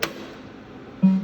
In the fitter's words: If you pop this in and push, you'll hear a click.